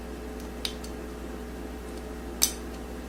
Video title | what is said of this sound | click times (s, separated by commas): Colt 1911 Rail Gun Solid Extended Trigger Installation | i guess you didn't hear a click all right there it is there's the thumb | 2.4 s